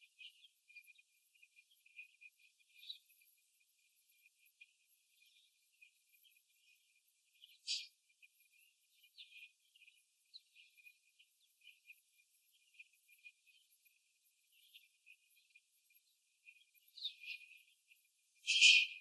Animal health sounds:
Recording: young laying hens in a cage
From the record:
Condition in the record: after the stressor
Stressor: simulated dog barking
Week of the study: 3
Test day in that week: 2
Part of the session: 4

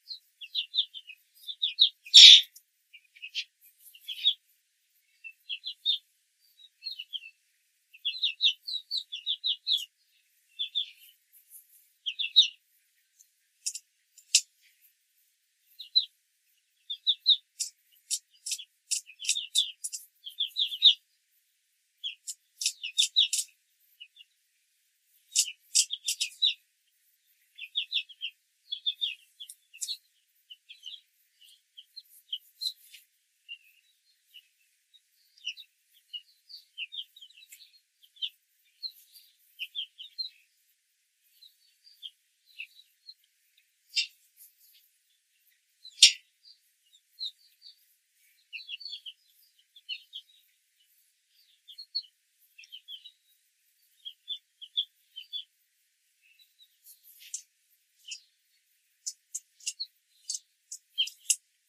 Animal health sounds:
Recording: young laying hens in a cage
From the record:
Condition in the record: control cage, after the stress test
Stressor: none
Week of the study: 4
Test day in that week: 1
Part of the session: 1

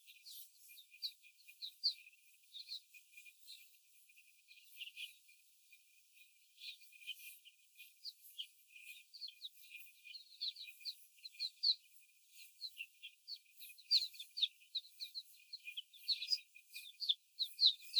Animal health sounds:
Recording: young laying hens in a cage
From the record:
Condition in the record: before the stressor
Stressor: simulated dog barking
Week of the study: 4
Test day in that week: 1

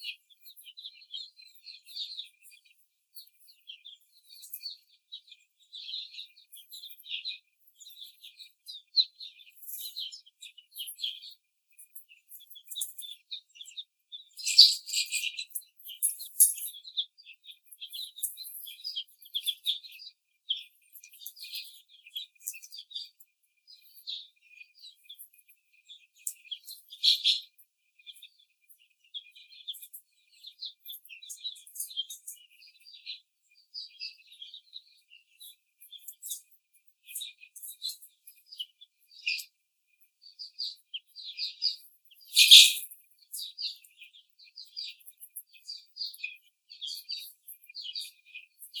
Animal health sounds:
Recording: young laying hens in a cage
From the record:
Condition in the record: after the stressor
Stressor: simulated dog barking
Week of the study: 4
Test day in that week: 2

